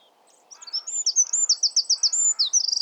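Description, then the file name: Eurasian wren song: rapid, piercing high notes tumbling into a dry rattling trill at the end, with faint lower calls of another bird beneath. "Troglodytes troglodytes"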